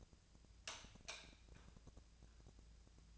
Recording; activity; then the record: daily activity, microphone in the room; light off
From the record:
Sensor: 2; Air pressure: 999.9 hPa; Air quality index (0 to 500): 117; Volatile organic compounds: 2 ppm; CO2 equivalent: 1012 ppm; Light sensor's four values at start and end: 42/111/47/52 and 37/94/40/46